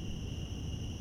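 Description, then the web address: Cicada: a brief stretch of constant high cicada buzzing over low rumbling noise. Recorded in Central Park. "lynne-publishing Central Park cicadas"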